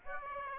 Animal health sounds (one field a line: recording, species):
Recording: mosquito wingbeat signal from an infrared sensor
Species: Aedes aegypti